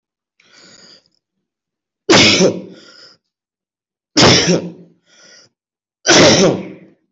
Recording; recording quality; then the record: heavy voluntary cough; excellent, no background noise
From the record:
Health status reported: healthy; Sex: male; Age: 32 years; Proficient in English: yes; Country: India